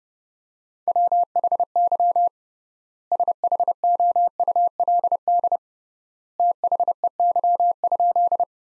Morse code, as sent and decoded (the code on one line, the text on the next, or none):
.-- .... -.-- / ... .... --- ..- .-.. -.. / - .... . -.-- ..--..
WHY SHOULD THEY?